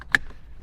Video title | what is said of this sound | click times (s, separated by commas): 2024+ Land Cruiser Beat-Sonic ENA-3T3 Encore Amplifier Install | There we go. It's locked. | 0.2 s